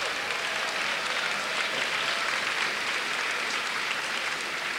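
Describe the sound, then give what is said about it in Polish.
Steady, dense applause from an audience, a continuous wash of many hands clapping at an even loudness throughout, with no voices standing out. “Teraz trzeba klaskać.”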